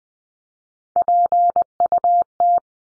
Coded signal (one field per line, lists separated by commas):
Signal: Morse code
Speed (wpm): 20 wpm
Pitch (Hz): 700 Hz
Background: none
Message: PUT